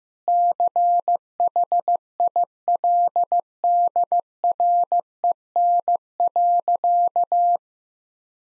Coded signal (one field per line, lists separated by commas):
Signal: Morse code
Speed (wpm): 16 wpm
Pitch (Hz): 700 Hz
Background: none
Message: CHILDREN.